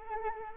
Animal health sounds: mosquito wingbeat signal from an infrared sensor; Anopheles arabiensis

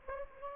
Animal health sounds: mosquito wingbeat signal from an infrared sensor; Anopheles gambiae

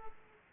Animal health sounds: mosquito wingbeat signal from an infrared sensor; Aedes aegypti

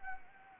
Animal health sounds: mosquito wingbeat signal from an infrared sensor; Anopheles arabiensis

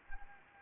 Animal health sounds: mosquito wingbeat signal from an infrared sensor; Anopheles arabiensis

